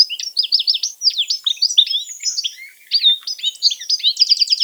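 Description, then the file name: European goldfinch pouring out a rapid, dense twittering song of high slurred chirps, ending in a quick buzzy trill. "Carduelis carduelis"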